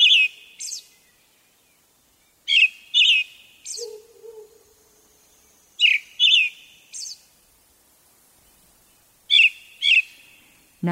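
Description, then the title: Brown-headed thrush song: four phrases of paired whistled notes with a buzzy tail, spaced a few seconds apart, and a brief low hoot in one gap. Recorded at Mount Tennyo, Yamanashi Prefecture, Japan. "天女山（山梨県）のアカハラ"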